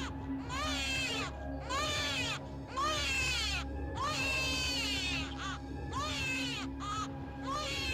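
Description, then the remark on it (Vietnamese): A baby cries in repeated high, wavering wails at midnight, tangled with the yowling cries of a cat that is eating flesh, over a constant low rumbling hum; the sobs rise and fall in bursts of roughly a second each. “Lãm giật mình cả kinh khi nghe tiếng trẻ con khóc lên lẫn trong tiếng con mèo vẫn đang ăn thịt.”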